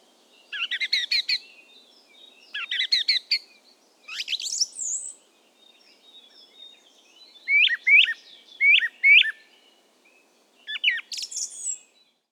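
Song thrush song: short bright phrases of rapid clear notes and sharp slurred whistles, with brief pauses between, the background quiet.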